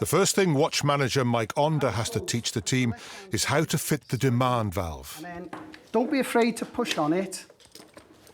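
A watch manager shows firefighters how to fit a breathing apparatus demand valve onto the face mask, pushing it on firmly. Someone talks throughout, then a short, sharp click at 7.8 s marks the demand valve seating onto the mask.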